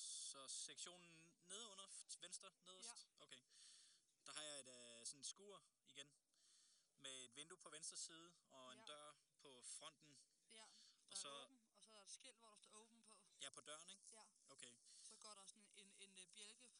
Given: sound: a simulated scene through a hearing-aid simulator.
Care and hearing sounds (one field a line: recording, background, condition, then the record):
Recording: conversation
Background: quiet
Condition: 65 dB SPL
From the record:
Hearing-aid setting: III (slow-acting compression, loudness normalization, advanced features for about 2.5 dB of SNR improvement)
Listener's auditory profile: D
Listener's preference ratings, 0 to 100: 93, 92, 97